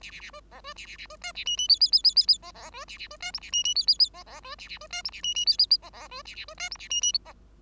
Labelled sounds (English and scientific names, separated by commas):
Bengalese Finch (Lonchura striata domestica) song